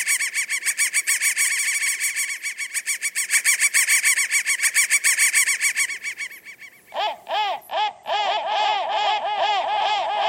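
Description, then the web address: Crow calls: a long fast series of harsh repeated notes, then slower, lower, hoarse cawing notes spaced about half a second apart. "soundfactory crow 1"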